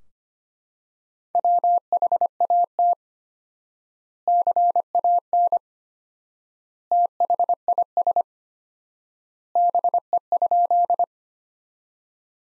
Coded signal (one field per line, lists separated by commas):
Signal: Morse code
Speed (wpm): 25 wpm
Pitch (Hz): 700 Hz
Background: none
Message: WHAT CAN THIS BE?